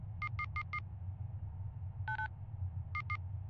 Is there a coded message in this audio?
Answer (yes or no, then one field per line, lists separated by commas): no